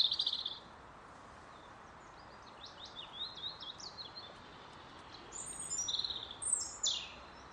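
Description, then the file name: European robin song: a loud high jumbled phrase at the start, then a quiet gap, then thin, varied high warbles and clear whistled notes in short bursts over a steady background hiss. "Erithacus rubecula"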